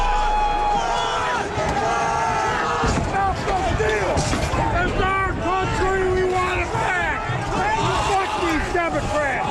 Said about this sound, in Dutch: U hoort de chaos die ontstond na de Capitoolbestorming in Amerika in 2021.